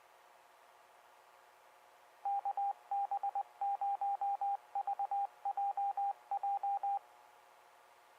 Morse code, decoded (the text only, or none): KB0VJJ